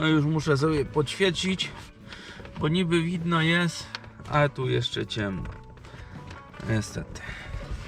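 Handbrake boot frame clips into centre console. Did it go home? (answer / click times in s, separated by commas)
no / none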